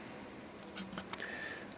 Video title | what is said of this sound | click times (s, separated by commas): Cameo Cutter and Embroidery Works - Cutting out applique designs | and then rotate this again until it snaps back into place | 1.2 s